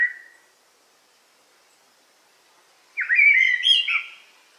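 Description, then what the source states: Eurasian blackbird song: a short whistled note fading at the start, silence, then one loud warbling phrase with high chittering at its close. Recorded in a forest on 8 July 2018.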